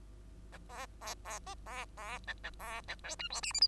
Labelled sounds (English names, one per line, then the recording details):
Bengalese Finch song
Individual Bird2